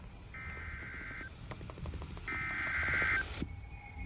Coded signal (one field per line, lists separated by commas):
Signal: Emergency Alert System (SAME) tones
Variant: header bursts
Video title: SVR on WXJ91 (EAS #62)